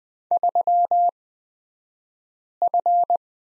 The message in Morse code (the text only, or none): 3F